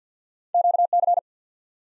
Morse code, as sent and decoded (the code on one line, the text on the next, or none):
--.- -.-.
QC